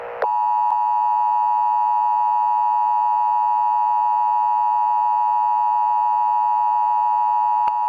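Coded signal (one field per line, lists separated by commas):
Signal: Emergency Alert System (SAME) tones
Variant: 853 and 960 Hz attention tone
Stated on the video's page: Fictional EAS scenario, not a real alert.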